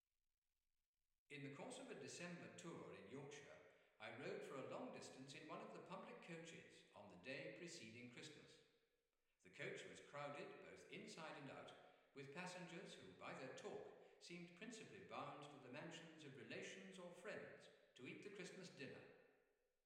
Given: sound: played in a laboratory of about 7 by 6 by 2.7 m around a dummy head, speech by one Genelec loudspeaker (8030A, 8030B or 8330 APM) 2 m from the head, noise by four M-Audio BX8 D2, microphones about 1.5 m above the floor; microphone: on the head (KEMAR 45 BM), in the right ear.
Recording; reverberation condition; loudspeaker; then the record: male speech in English; high; 60 degrees to the right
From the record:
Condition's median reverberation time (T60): about 1300 ms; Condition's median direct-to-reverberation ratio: about -4.0 dB